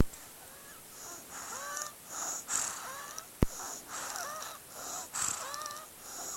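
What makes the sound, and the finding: Small child breathing. Wheezing.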